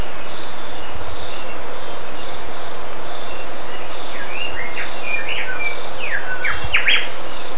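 Bird calls: a few short chirps and slurred notes gathered toward the end, over a steady hiss and a continuous high drone.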